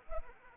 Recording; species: mosquito wingbeat signal from an infrared sensor; Anopheles arabiensis